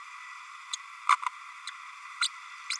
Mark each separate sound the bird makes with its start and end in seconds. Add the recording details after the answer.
1.08-1.16, 1.67-1.70, 2.21-2.28, 2.70-2.77. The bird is a female. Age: 32 days. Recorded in a nest box in Venezuela. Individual 17B32A7